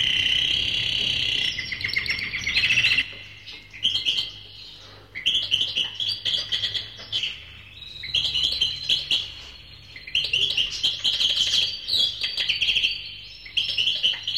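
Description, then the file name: Birds chirping and twittering, shrill overlapping notes in rapid bursts with short pauses between them. "uccelli birds"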